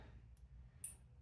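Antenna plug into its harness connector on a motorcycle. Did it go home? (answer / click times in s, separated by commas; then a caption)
yes / 0.8 s. On an Indian Challenger motorcycle being reassembled, the antenna plug is pushed back into its mating harness connector. A faint high tick comes at about 0.4 s, then a sharp, bright click at 0.8 s as the plug seats, over a steady low rumble.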